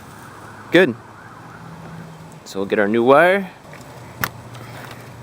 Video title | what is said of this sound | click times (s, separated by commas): How to Replace Spark Plug Wires (Ford Ranger, Mazda B3000) | Push it in until you feel it click. | 4.2 s